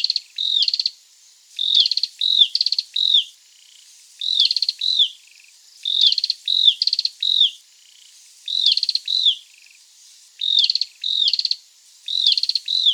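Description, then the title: Cambodian tailorbird giving repeated phrases of arched whistled notes and rattling buzzy notes, the phrases separated by brief pauses of about a second. "prenjk gnung. Cambodian Tailorbird (Orthotomus chaktomuk)"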